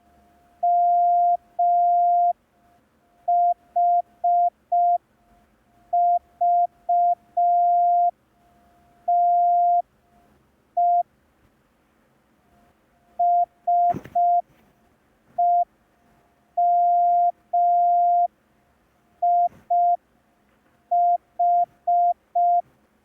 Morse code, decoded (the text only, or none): MHVTE SEMIH